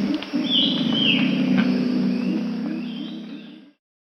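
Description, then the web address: Pale-winged Trumpeter uttering a rapid run of low pulsed hoots, with high bird whistles in the background, ending abruptly. Peru. "Birds of the Amazon. Pale-winged Trumpeter (Psophia leucoptera), Peru"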